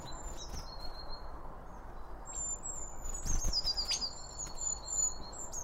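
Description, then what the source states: Birds calling around a feeder: thin high whistles and quick chirps, several overlapping, with steady low background noise. Birds around a bird feeder, recorded with two OM 1 microphones from Line Audio.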